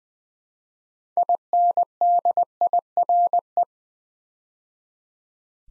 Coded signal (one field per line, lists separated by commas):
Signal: Morse code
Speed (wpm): 20 wpm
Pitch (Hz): 700 Hz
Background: none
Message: INDIRE